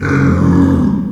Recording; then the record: squeal of a Yucatan mini pig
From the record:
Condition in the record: after surgery on the right vocal fold (resection and tissue-engineered implant); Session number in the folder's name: 16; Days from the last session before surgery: 183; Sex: female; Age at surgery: 19 weeks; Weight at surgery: 25 kg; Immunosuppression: prednisolone